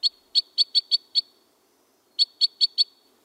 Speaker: So even in the grips of winter, when most songbirds are months away from the breeding season, somewhere among the snowy conifers, crossbills are already warming up.